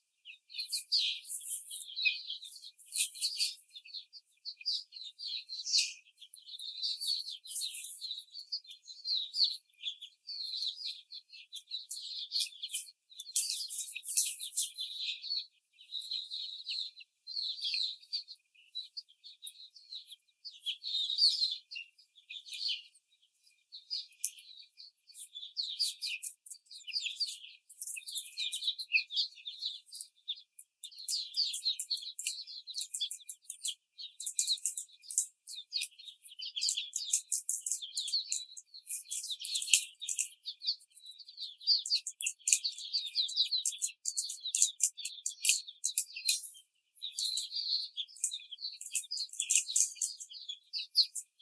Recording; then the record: young laying hens in a cage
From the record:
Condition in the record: before the stressor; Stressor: simulated dog barking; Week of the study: 4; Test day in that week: 3